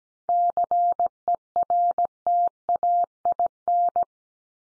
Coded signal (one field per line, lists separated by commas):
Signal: Morse code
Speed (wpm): 17 wpm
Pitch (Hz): 700 Hz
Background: none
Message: CERTAIN